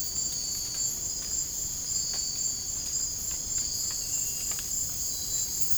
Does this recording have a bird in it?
no